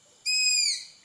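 Striped owl uttering a single clear, high whistled scream that slides gently downward and fades away.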